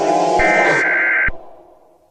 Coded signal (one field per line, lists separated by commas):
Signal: Emergency Alert System (SAME) tones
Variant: header bursts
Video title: EAS Scenario: Halloween Remastered CENSORED